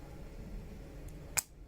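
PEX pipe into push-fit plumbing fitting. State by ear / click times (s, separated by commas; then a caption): seated / 1.4 s. A calibrated PEX pipe fitted with its stiffening insert is pushed by hand into a push-fit plumbing fitting. A faint tick at 1.1 s leads to one sharp, bright click at 1.4 s as the pipe locks in. The fitting is then seated and watertight.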